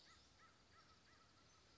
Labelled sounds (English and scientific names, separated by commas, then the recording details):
American Crow (Corvus brachyrhynchos)
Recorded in Sonoma County, California